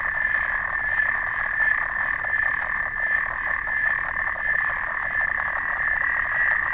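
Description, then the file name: Clawed frog producing a continuous rattling run of rapid clicks, even in loudness throughout. "xenopus"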